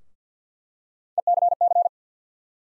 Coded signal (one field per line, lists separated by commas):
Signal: Morse code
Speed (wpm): 50 wpm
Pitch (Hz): 700 Hz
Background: none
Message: ECC